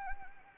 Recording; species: mosquito wingbeat signal from an infrared sensor; Anopheles arabiensis